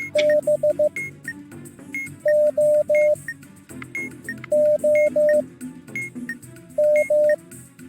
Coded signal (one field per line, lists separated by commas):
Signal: Morse code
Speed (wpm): 15 wpm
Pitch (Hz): 600 Hz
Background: music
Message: BOOM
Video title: KTANE - How to - Transmitted Morse